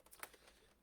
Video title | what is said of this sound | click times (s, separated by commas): Well that was easier than I thought: Lenovo ideacentre AIO 510-23ISH LCD screen removal | just to pop the clips off | 0.2 s